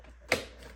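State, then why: Seated. A plastic body-mount clip on an ARRMA Quake RC truck is pushed until it snaps fully closed. A single sharp click rings out at 0.3 s, confirming the clip is seated home after the extra push it needs.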